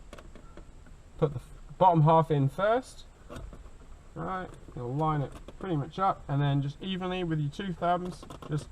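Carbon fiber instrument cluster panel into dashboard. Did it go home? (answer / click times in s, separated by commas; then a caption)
no / none. A carbon fiber instrument cluster panel is lined up with the dashboard, bottom half first, ready to be pressed in evenly with two thumbs while someone talks. Faint small handling taps come early on. Nothing has seated or clicked yet, as the clip ends just before the panel goes home.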